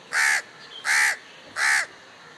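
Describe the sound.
Crow cawing: three harsh, hoarse caws, evenly spaced, with a quiet background between them.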